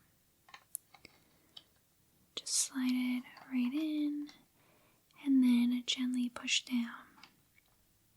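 A plastic video game cartridge is slid into a handheld console slot with the label facing outward, then gently pushed down. Someone talks softly in a whispery voice over faint handling taps and small clicks. The cartridge has not seated or snapped in yet.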